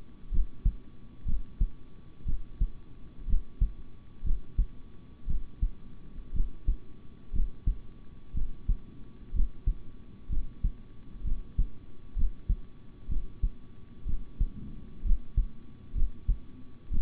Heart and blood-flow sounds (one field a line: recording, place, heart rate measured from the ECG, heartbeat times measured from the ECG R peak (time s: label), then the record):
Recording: heart sounds by stethoscope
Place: between the tricuspid and mitral areas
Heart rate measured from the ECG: 61 bpm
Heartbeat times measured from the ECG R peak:
0.30 s: heartbeat
1.25 s: heartbeat
2.25 s: heartbeat
3.26 s: heartbeat
4.23 s: heartbeat
5.26 s: heartbeat
6.33 s: heartbeat
7.32 s: heartbeat
8.33 s: heartbeat
9.32 s: heartbeat
10.29 s: heartbeat
11.24 s: heartbeat
12.15 s: heartbeat
13.08 s: heartbeat
14.05 s: heartbeat
15.03 s: heartbeat
15.94 s: heartbeat
16.90 s: heartbeat
From the record:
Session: rest, sitting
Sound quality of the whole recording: good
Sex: male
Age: 26 years